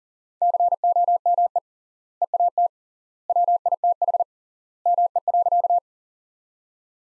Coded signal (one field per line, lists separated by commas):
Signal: Morse code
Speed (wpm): 37 wpm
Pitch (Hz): 700 Hz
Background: none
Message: COME EAT WITH ME.